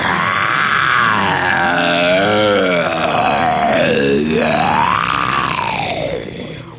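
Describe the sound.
A long, loud roar let out by Ultimo the tyrannosaurus, a deep rasping growl that rises and falls in pitch in sweeping waves for several seconds before tapering off at the end.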